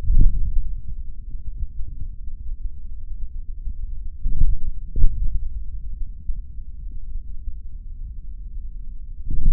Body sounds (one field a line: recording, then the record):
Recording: forearm muscle sounds (acoustic myography)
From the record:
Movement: tripod grip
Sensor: system 3, bracelet of six PUI Audio POM-2738L microphones around the upper forearm, with dedicated amplification and filtering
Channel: 5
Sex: male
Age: 26 years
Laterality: right